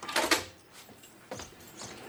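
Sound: door being opened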